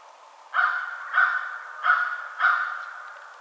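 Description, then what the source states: American crow caws four times, each rough and nasal, evenly spaced. Recorded on 21 March 2007.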